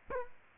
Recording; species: mosquito wingbeat signal from an infrared sensor; Culex quinquefasciatus